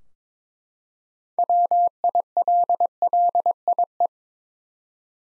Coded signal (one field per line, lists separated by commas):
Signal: Morse code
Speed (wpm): 22 wpm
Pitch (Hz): 700 Hz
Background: none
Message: WILLIE